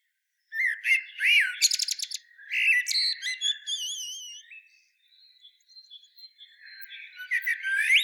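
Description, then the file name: Common blackbird giving a rich phrase of whistles and rapid squeaky notes, fading into faint thin warbling before a renewed twitter. "Turdus merula"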